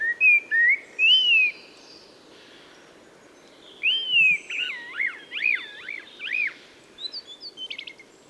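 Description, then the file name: Common blackbird song of smooth fluted whistles, a pause, then a looping, wavering warble that dissolves into quick, thin twitters. "Turdus merula"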